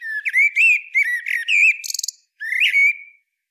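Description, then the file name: Common blackbird song of smooth, rounded whistled notes with a brief buzzy trill in the middle and one last rising fluty note. "Turdus merula"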